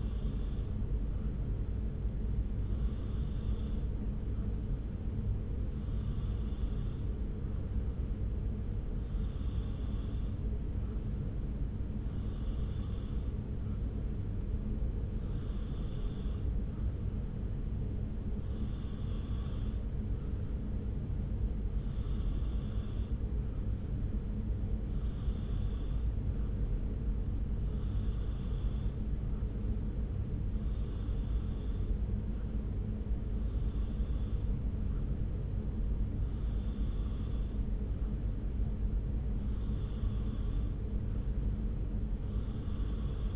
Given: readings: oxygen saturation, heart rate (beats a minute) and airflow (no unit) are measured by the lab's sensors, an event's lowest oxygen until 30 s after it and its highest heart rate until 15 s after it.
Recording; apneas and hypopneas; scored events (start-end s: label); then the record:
breathing in sleep by a smartphone at the bedside; none
none scored
From the record:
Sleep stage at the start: N2 (light sleep); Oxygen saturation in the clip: 93%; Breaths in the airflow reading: 17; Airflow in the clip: -0.7 to 0.7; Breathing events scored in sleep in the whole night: 335 in 6.7 hours asleep